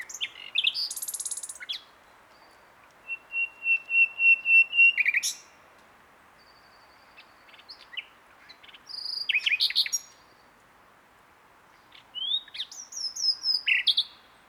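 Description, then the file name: Common nightingale song: rapid chirps, a run of repeated pure whistled notes and sweeping phrases, delivered in bursts with silent gaps between. "Luscinia megarhynchos"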